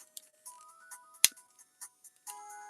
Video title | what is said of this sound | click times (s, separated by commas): 《超俺合体》"全合体"アルティメットファイナルダンクーガ／《THE合体》ファイナルダンクーガ／ブラックウイング を生配信レビューデス!!《BATTCHIの俺合体研究所 ★★生配信★★》 | my ankle with one click, is it still not good? | 1.2 s